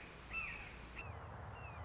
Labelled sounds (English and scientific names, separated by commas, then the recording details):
Red-shouldered Hawk (Buteo lineatus)
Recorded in Sonoma County, California